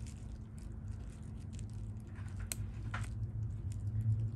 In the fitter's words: And again, you kind of will hear it when it clicks in.